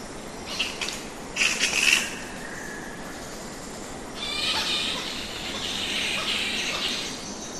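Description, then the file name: Flying foxes giving harsh, raspy screeches in short squabbling bursts, then a longer chattering stretch of scratchy squeals over steady background hiss. Several flying foxes in trees in the evening, in a reserve in Australia. "zapsplat. bats flying foxes in trees evening mary caincross reserve australia"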